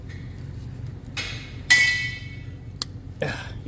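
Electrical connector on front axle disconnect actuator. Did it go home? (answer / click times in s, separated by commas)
released / 2.8 s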